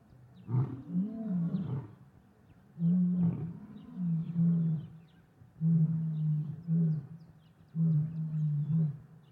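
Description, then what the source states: Lion giving deep moaning roars in four separate bouts, each low and steady, quiet gaps in between. Lions in the savannah.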